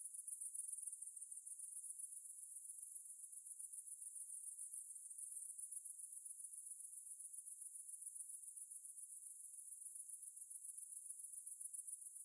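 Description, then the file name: Cicadas droning in a thin, high, pulsing hiss that holds evenly from start to finish, nothing else audible. "Ambience Cicades"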